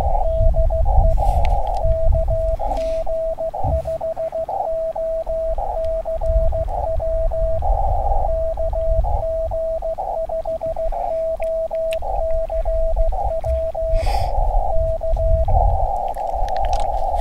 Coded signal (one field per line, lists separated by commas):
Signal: Morse code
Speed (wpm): 14 wpm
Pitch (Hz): 650 Hz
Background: radio noise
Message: DE KG5OCW KG5OCW K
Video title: QRP Ham Radio in central NM. CW Morse Code.